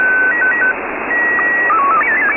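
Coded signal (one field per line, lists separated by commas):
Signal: SSTV (slow-scan television)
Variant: Scottie 1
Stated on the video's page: Pirate shortwave SSTV images on 6955 kHz LSB, received on an Icom IC-R9500; signal very weak and noisy.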